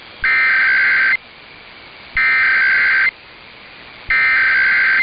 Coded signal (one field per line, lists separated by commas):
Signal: Emergency Alert System (SAME) tones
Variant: header bursts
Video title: U.S National Periodic EAS Test Oct 2023